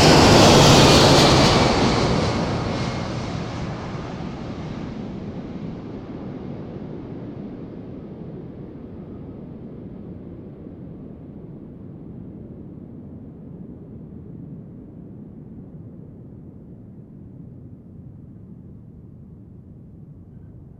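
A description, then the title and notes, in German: A plane approaching Kloten airport passes overhead, loudest in the first two seconds with a bright, hissing roar. The sound then fades steadily, its higher tones dropping away first, leaving a low, rumbling drone that slowly recedes over the remaining twenty seconds. September, 13:24 CET. Flughafen Kloten. Im Minutentakt fliegen sie an. Auf die Piste 14.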